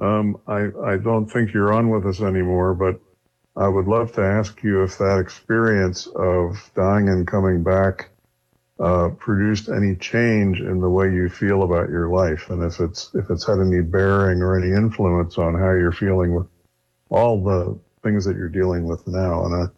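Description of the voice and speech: A low-pitched adult male voice, a guest speaking to a caller, talks in long, fluent phrases with natural pauses and a brief hesitant 'um' at the start. Voice quality is clear and steady, with no blocks, slurring or hoarseness: ordinary fluent speech, with a slight small-room or broadcast tone.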